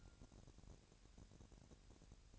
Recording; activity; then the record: daily activity, microphone in the room; take from stove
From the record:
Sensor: 2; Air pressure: 1011.9 hPa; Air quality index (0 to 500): 192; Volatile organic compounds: 3 ppm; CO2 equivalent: 1362 ppm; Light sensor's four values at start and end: 69/165/67/64 and 69/165/67/64